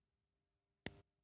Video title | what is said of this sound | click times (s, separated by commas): Using salvaged lithium cells to power LEDs directly. (with protection test) | Did you hear the click? That was it clicking in, and it's not going to come out now. | 0.9 s